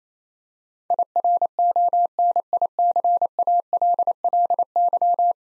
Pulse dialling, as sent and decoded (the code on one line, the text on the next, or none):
none